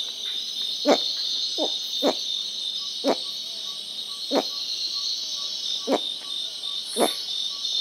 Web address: Natures Songs S America Mammals of the Rainforest Bolivian Bamboo Rat